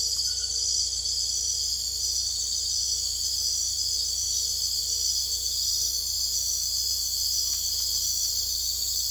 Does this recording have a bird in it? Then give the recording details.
no. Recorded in secondary vegetation near Puerto Asís, Putumayo, Colombia, on 22 December 2024 at 00:30. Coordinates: 0.488, -76.319. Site GP04